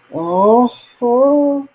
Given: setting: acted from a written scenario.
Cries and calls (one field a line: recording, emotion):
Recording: vocal sound without words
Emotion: distress